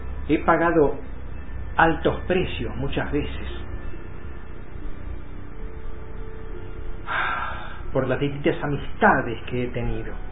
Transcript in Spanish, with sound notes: He pagado altos precios muchas veces (suspiro) por las distintas amistades que he tenido.